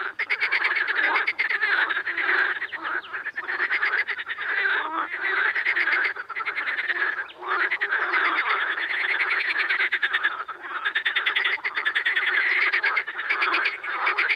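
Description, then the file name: Amphibians in a dense, unbroken chorus of rapid, rattling croaks overlapping throughout, with many callers at once and barely a pause. Amphibian ambience. "AMBAmphibiens"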